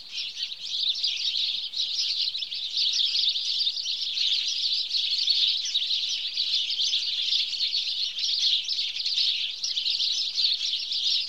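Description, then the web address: House sparrows keeping up a steady, busy chatter of many overlapping chirps that runs unbroken throughout. "BBC Sound Effects Library (Birds) House Sparrow (Passer Domesticus)"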